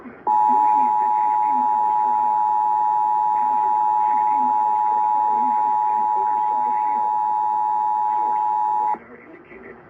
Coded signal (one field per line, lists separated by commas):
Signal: Emergency Alert System (SAME) tones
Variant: 853 and 960 Hz attention tone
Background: speech